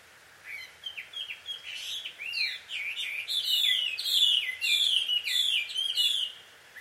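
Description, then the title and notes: Bird calls, scattered chirps building into a fast, continuous squeaky chatter of zigzagging notes that fades at the end. Birds described as a quarrelling couple, heard at dusk; field recording made in Takao, Japan. "鳥の夫婦喧嘩 – Birds Quarrel At Dusk. Recorded in Takao Japan"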